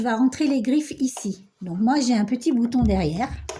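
Someone talks while handling the small feed-dog lowering button on the back of a sewing machine, which retracts the feed dogs for free-motion embroidery. Only speech is heard, with no distinct mechanical sound. The button has not yet clicked down and nothing has locked in the lowered position.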